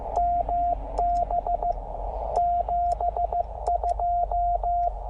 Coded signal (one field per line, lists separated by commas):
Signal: Morse code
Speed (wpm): 15 wpm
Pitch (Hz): 690 Hz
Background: radio noise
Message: MB 72